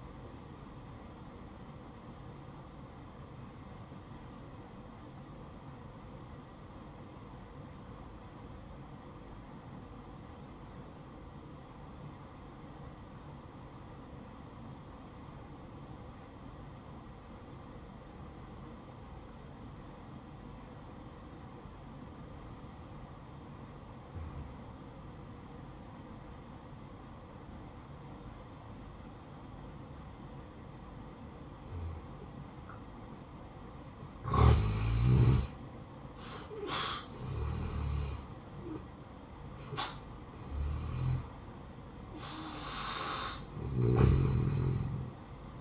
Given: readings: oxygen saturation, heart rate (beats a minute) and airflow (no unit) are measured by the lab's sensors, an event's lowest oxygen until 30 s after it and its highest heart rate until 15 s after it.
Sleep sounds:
breathing in sleep by a smartphone at the bedside; 1
3.00-35.50 s: hypopnea (N1, oxygen 96% highest, then 84% lowest, heart rate 62 at the start, 68 highest)
5.00-45.61 s: new sleep stage, N2 (light sleep)
From the record:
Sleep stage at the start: N1 (lightest sleep); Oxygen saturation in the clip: 85 to 96%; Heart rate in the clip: 58 to 68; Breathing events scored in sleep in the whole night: 573 in 9.8 hours asleep

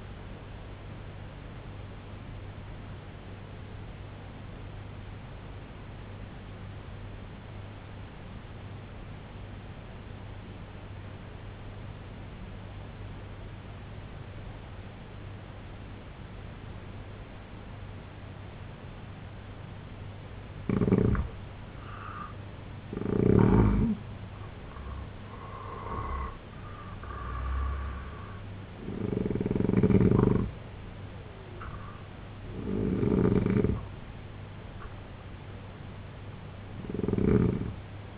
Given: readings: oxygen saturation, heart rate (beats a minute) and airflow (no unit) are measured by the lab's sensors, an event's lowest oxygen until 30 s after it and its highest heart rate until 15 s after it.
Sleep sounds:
breathing in sleep by a voice recorder at the bedside; 1
3.00-21.20 s: obstructive apnea (N1, oxygen 95% highest, then 82% lowest, heart rate 67 at the start, 90 highest)
From the record:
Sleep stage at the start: N1 (lightest sleep); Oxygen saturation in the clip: 81 to 95%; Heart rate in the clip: 65 to 90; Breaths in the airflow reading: 6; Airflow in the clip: -6.0 to 6.0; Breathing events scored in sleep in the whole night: 258 in 7.4 hours asleep

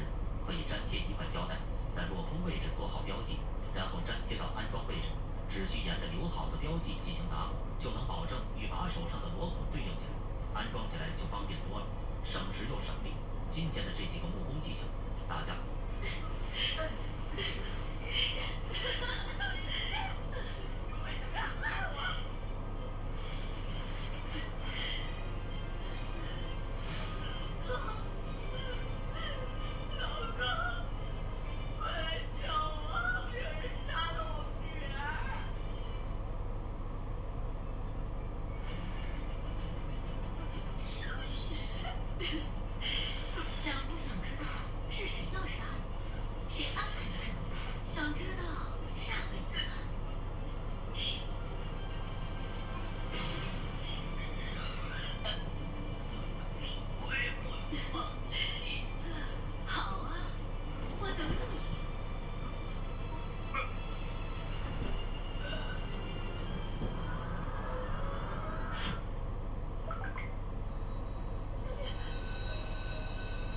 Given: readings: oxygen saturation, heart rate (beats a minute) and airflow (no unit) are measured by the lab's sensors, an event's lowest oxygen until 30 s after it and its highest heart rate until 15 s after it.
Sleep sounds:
a person awake in a sleep study, by a smartphone at the bedside; none
0.00-73.57 s: awake
From the record:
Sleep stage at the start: awake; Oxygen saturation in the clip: 92 to 93%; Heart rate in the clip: 59 to 72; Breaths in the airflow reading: 23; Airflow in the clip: -7.3 to 8.0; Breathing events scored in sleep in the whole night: 476 in 9.7 hours asleep

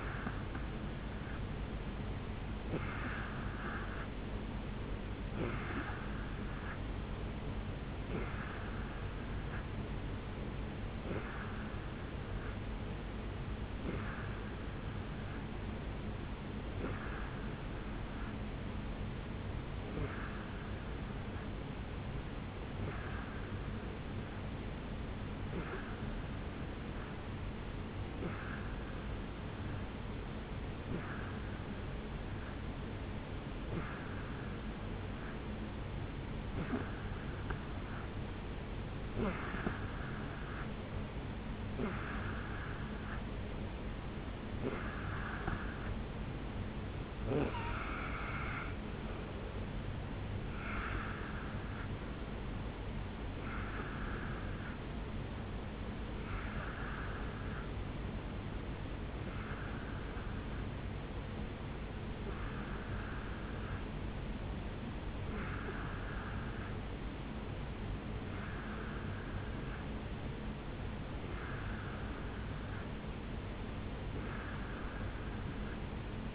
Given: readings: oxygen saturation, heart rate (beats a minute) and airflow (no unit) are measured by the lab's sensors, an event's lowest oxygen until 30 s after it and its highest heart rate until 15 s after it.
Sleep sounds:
breathing in sleep by a voice recorder at the bedside; none
48.00-76.35 s: new sleep stage, N2 (light sleep)
From the record:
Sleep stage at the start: N3 (deep sleep); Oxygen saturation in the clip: 87 to 91%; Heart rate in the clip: 64 to 72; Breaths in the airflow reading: 27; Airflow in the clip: -4.8 to 3.3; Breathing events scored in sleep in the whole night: 449 in 7.0 hours asleep

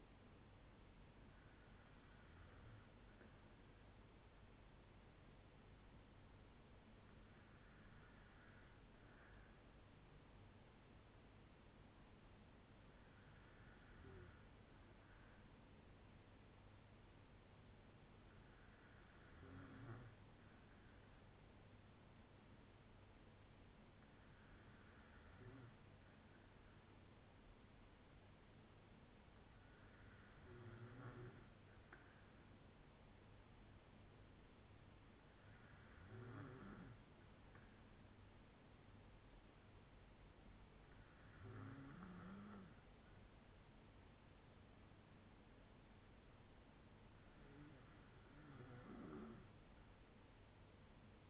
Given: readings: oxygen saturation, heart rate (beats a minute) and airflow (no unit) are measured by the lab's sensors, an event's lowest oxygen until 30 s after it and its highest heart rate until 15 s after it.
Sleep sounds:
breathing in sleep by a voice recorder at the bedside; 1
11.00-43.20 s: hypopnea (N2, oxygen 96% highest, then 94% lowest, heart rate 55 at the start, 66 highest)
From the record:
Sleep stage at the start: N2 (light sleep); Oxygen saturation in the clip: 95 to 96%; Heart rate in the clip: 55 to 71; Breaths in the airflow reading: 9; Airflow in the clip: -4.9 to 2.8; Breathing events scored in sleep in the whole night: 182 in 7.4 hours asleep

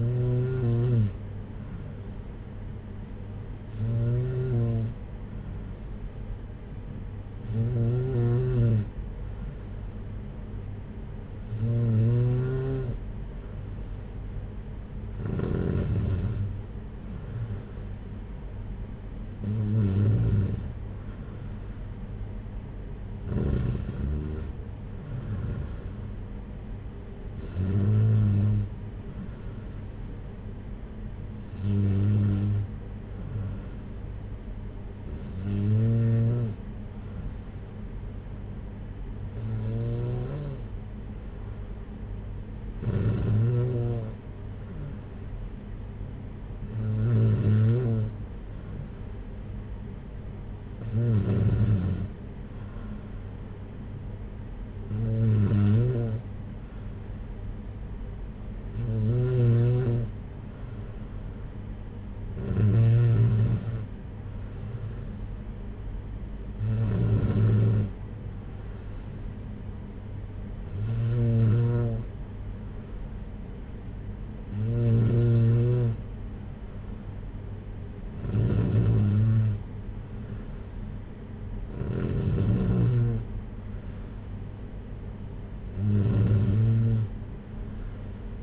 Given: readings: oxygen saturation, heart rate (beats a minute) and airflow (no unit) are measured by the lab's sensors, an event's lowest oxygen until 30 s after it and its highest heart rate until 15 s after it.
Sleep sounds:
breathing in sleep by a smartphone at the bedside; none
none scored
From the record:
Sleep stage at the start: N2 (light sleep); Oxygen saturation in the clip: 93 to 94%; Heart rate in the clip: 57 to 62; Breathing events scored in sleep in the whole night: 226 in 8.8 hours asleep

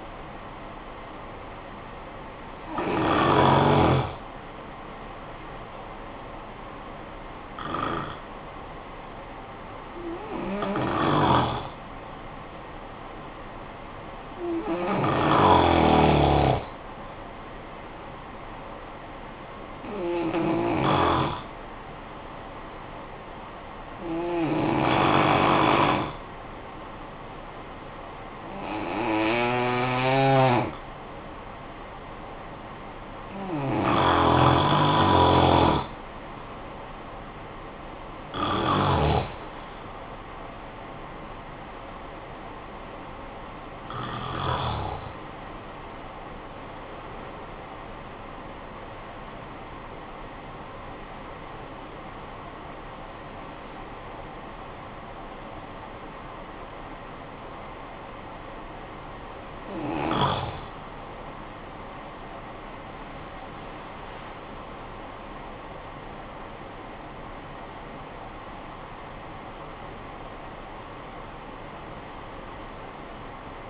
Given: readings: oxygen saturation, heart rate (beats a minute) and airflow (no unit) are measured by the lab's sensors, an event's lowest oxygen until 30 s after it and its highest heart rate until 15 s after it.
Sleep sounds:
breathing in sleep by a voice recorder at the bedside; 2
7.00-36.40 s: hypopnea (N1, oxygen 95% highest, then 88% lowest, heart rate 56 at the start, 67 highest)
51.00-64.70 s: hypopnea (N1, oxygen 93% highest, then 93% lowest, heart rate 56 at the start, 72 highest)
From the record:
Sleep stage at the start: N1 (lightest sleep); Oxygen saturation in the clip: 88 to 95%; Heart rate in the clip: 51 to 72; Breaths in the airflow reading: 14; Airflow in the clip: -13.2 to 13.2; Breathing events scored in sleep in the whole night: 445 in 7.6 hours asleep

